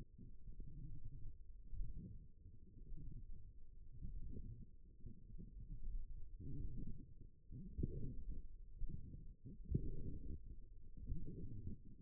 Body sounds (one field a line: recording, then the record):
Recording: forearm muscle sounds (acoustic myography)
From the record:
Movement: forearm pronation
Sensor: system 1, eight BSWA MPA416 microphones around the upper forearm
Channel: 4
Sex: female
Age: 21 years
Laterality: right